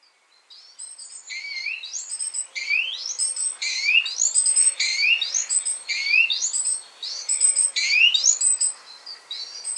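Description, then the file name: Great tit gives high, bright notes that sweep sharply upward, repeated in a steady series throughout. "Parus major"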